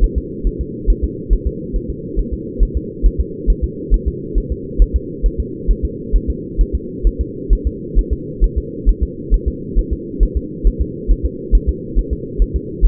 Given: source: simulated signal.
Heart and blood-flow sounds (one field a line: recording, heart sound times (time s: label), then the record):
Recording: fetal heart sounds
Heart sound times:
0.04 s: S1
0.18 s: S2
0.47 s: S1
0.61 s: S2
0.90 s: S1
1.04 s: S2
1.33 s: S1
1.47 s: S2
1.76 s: S1
1.90 s: S2
2.19 s: S1
2.33 s: S2
2.63 s: S1
2.77 s: S2
3.06 s: S1
3.20 s: S2
3.50 s: S1
3.64 s: S2
3.94 s: S1
4.08 s: S2
4.38 s: S1
4.52 s: S2
4.82 s: S1
4.96 s: S2
5.26 s: S1
5.40 s: S2
5.71 s: S1
5.85 s: S2
6.16 s: S1
6.30 s: S2
6.61 s: S1
6.75 s: S2
7.07 s: S1
7.21 s: S2
7.53 s: S1
7.67 s: S2
7.99 s: S1
8.13 s: S2
8.44 s: S1
8.58 s: S2
8.89 s: S1
9.03 s: S2
9.34 s: S1
9.48 s: S2
9.79 s: S1
9.93 s: S2
10.23 s: S1
10.37 s: S2
10.67 s: S1
10.81 s: S2
11.11 s: S1
11.26 s: S2
11.55 s: S1
11.69 s: S2
11.99 s: S1
12.13 s: S2
12.42 s: S1
12.56 s: S2
12.85 s: S1
From the record:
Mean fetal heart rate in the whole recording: 135 bpm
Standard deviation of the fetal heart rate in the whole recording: 3 bpm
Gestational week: 36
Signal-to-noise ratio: -4.1 dB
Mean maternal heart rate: no maternal heart sound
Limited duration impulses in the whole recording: absent